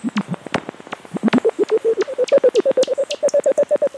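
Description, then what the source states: Bat echolocation calls heard through a detector as rapid low pops, with sharper clicks over them. Breeding colony of several thousand bats, mostly mouse-eared bats, in a cave above a tunnel in the Alpilles, France, summer 2022; ultrasonic calls made audible with a bat detector; birthing period.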